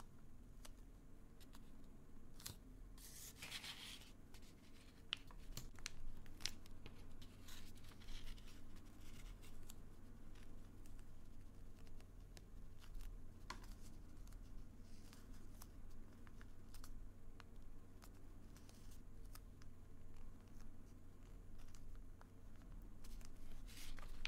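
Quiet tapping and paper handling, with sharp clicks scattered throughout and a crisp rustle of folding paper around three to four seconds in. A low, steady hum sits underneath the whole time.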